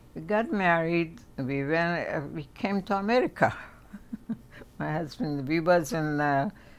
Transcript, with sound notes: We got married. We went — we came to America. [chuckles] My husband — we was in